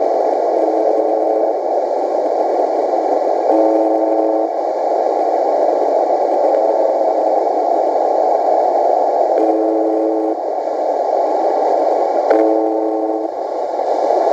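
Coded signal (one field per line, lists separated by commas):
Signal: channel marker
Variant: UVB-76 (The Buzzer)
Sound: repeated short harsh buzzes, about one second each, every few seconds, through loud hiss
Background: radio static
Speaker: the most spooky station is called the buzzer what does the buzzer do well it buzzes and it buzzes and it buzzes 24 hours a day it's on 4625 but we believe it comes from russia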